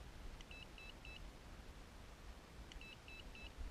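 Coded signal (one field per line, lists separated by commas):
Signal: none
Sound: RC model ESC beeps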